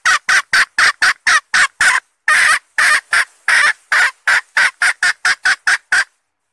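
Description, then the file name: Red junglefowl hen uttering a fast sequence of short, harsh cackling notes, with a few longer drawn-out notes in the middle. Hen calling to find a mate. "tieng ga rung mai keu tim kiem ban tinh"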